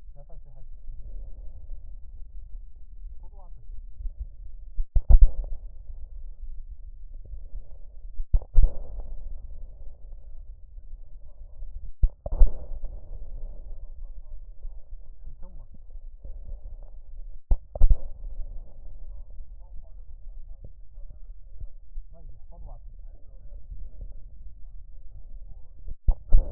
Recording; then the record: lung sounds by stethoscope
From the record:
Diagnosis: chronic bronchitis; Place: left posterior upper chest